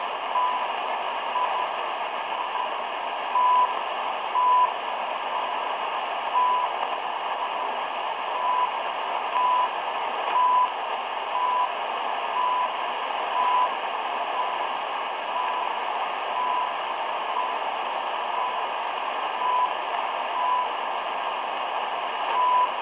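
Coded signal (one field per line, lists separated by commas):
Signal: radio time signal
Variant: CHU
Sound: short 1 kHz beeps once a second through hissing shortwave static, some seconds skipped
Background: radio static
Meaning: Each beep marks one second of the time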